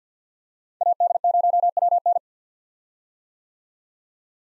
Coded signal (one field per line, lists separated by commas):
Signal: Morse code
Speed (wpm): 48 wpm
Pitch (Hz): 700 Hz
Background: none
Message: AD0WN